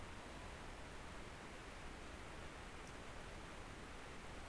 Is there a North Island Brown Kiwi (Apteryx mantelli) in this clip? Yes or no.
no